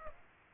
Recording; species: mosquito wingbeat signal from an infrared sensor; Aedes aegypti